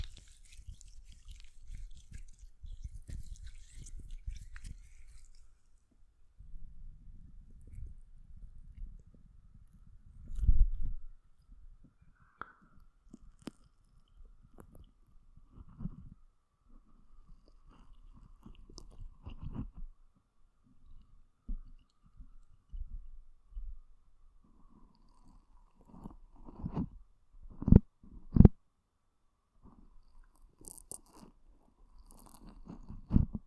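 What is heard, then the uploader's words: Slime squelches and smacks against a microphone in wet, sticky bursts, mostly low and muffled, with sharper pops near 11 and 28 seconds. ASMR SLIME ON THE MICROPHONE (SUPER TINGLY).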